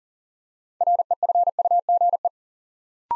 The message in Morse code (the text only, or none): REFUGE